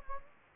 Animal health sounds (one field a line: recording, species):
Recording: mosquito wingbeat signal from an infrared sensor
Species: Anopheles gambiae